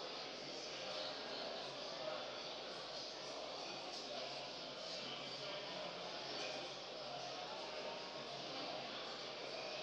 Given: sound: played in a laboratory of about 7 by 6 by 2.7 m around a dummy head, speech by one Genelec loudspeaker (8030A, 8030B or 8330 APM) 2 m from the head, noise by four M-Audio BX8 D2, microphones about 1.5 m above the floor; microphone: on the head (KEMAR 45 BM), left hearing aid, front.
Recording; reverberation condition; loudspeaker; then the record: cafeteria noise; high; four, about 170 cm from the corners of the room and facing them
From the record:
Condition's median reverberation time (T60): about 1300 ms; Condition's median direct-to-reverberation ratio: about -4.0 dB